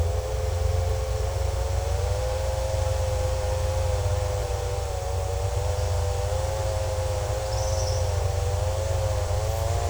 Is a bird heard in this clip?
no